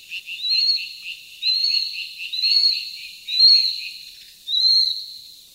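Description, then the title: Ural Owl young giving rasping, hissy high calls repeated about once a second, with softer pulsed notes between them. Juvenile owl. "朝の小鳥. フクロウの幼鳥"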